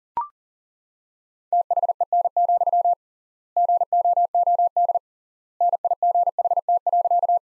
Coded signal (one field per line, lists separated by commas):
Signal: Morse code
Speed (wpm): 38 wpm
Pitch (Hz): 700 Hz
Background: none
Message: THEN, GOOD NIGHT.